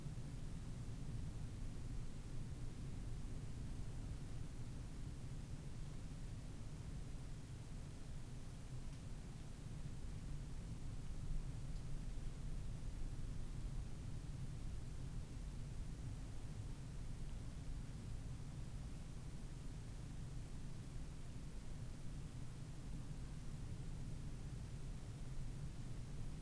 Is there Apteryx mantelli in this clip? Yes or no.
no